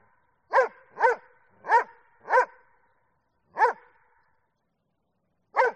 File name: audio hero Dog Doberman